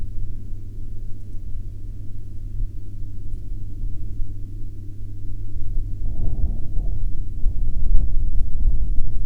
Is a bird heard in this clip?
no